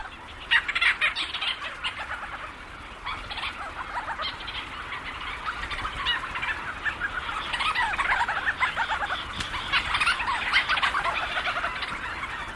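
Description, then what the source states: Leach's storm petrel chorus, busy overlapping chattering and purring notes from many birds running continuously. Thousands of birds circling overhead, swooping and calling into the night.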